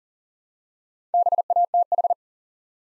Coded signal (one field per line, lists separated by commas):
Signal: Morse code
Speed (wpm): 40 wpm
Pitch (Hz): 700 Hz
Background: none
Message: BATH